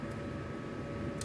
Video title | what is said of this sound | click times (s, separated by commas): Save Yourself $300 For A New Makerbot Method Extruder | and it'll snap right in | 1.2 s